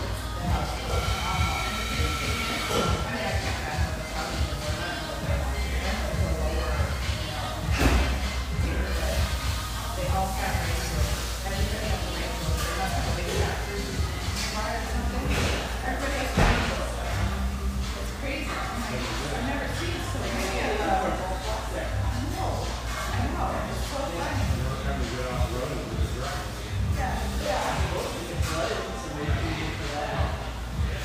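Lively overlapping chatter fills a spacious tea room, a steady dense murmur of many voices over a constant low hum, with occasional clinks.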